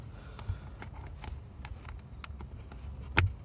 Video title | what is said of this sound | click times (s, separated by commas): How to Replace a Tesla Model 3 Cabin Air Filter - No More Smelly Tesla Model 3 | you hear that click like goes on | 3.2 s